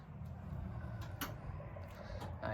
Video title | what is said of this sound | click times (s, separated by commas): No power in Airstream Interstate (2024 model with E1) even though plugged into shore power. | hear a little clicking noise there so that's normally a good sign | 1.2 s